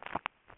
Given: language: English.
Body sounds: throat vibration sensor signal played as sound; swallow

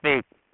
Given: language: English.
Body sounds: throat vibration sensor signal played as sound; speech

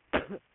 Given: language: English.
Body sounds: throat vibration sensor signal played as sound; cough

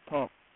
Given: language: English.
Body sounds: throat vibration sensor signal played as sound; speech

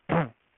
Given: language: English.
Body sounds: throat vibration sensor signal played as sound; throat clearing

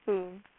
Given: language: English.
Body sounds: throat vibration sensor signal played as sound; speech

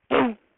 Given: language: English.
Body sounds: throat vibration sensor signal played as sound; throat clearing

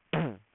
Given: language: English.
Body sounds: throat vibration sensor signal played as sound; throat clearing

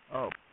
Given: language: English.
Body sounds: throat vibration sensor signal played as sound; speech

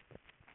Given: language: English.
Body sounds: throat vibration sensor signal played as sound; swallow

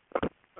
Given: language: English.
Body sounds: throat vibration sensor signal played as sound; swallow

